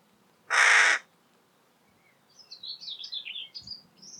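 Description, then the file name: Carrion crow giving a single harsh, hoarse caw lasting about half a second, followed by thin, high twittering from a small bird. "Corvus corone"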